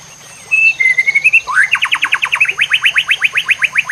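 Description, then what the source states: White-rumped shama song opening with a thin steady whistle, then a rapid, even trill of sharp upswept notes repeated several times a second. Master song (masteran) for training cage birds, murai batu labaik style.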